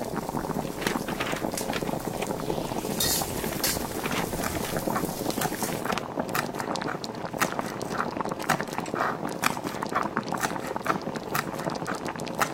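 A household scene with mother cooking while an old television or radio plays in the room. A dense, steady murmur runs throughout, broken by frequent sharp clicks and clatters from the kitchen, with a short hissing burst around three seconds.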